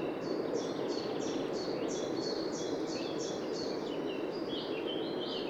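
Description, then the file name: Eurasian wren: a steady run of high notes, then a few lower notes near the end, over a constant rushing background noise. "Troglodytes troglodytes"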